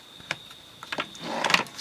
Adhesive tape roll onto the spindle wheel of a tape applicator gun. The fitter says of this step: snaps in place and it's up on the first wheel